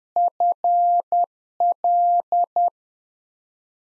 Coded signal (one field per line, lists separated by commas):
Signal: Morse code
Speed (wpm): 10 wpm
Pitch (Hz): 700 Hz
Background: none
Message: FL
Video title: Practice QSO - Exchange 1- Beginning - 10wpm